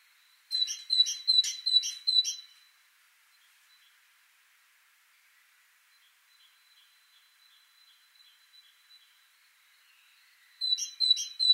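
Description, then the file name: Great tit sings a quick series of about five high two-note phrases, goes quiet with faint notes, then resumes at the end. "Parus major"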